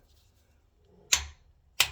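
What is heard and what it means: A torque wrench set to 27 Nm tightens the oil fill plug on the PDK transmission of a Porsche 991.1 GT3. After a faint low rumble, two sharp, bright clicks ring out at 1.1 s and 1.8 s. The wrench clicks at its setting, confirming the plug is torqued.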